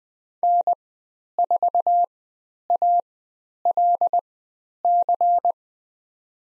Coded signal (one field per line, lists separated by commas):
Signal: Morse code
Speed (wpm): 20 wpm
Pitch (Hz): 700 Hz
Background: none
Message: N4ALC